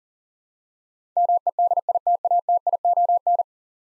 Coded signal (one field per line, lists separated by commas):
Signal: Morse code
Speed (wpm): 37 wpm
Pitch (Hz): 700 Hz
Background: none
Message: MEDITATION